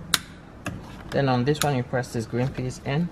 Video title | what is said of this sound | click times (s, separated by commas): 2012-2022 Mitsubishi Mirage G4 - Combination Switch Clock Spring Replacement | want to push them in until you hear them click then | 0.1 s